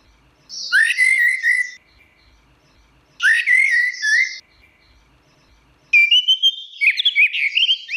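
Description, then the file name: Orange-headed thrush song: three loud, scratchy phrases, each with a slurred rising whistle, separated by pauses. Song in the ngeplong style. "anis merah ngeplong"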